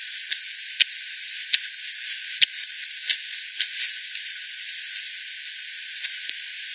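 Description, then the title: Bat echolocation calls as crisp ticks at irregular intervals over a continuous hiss. Multiple bats at the Hogsmill River by Hogsmill Lane, 7 October 2020, 18:10; frequency-division recording (FD10), bandpass-filtered and resampled. "WW bat 20201007 T 18 : 10 Z-Hogsmill-Lane-Hogsmill-River-multiple-bats-FD 10"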